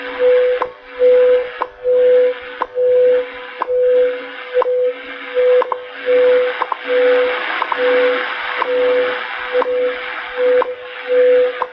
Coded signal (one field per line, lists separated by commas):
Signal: radio time signal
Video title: Tuning the shortwave radio bands live Nove,ber 11th 2016